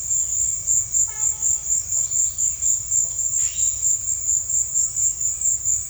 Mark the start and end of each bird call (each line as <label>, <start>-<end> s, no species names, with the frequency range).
bird call (0.6-4.1 kHz), 1.10-1.69 s